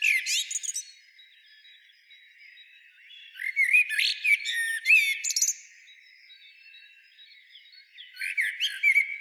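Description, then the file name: Common blackbird song: a short phrase with high squeaky twitters, a pause, then a longer warbled phrase and, after another pause, the start of another. "Turdus merula"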